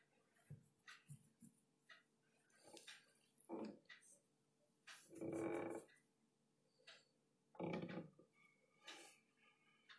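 Pages flip and rustle in a few bursts, with the longest sweep around five to six seconds and another near eight seconds. Short taps and scratchy strokes fill the gaps, over a faint steady hum that runs throughout.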